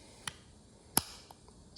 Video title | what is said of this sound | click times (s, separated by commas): How To Disassemble Repair Mercedes OVP OVER VOLTAGE PROTECTION Relay Fix Or Replace Issue | that right there they pop into place | 1.0 s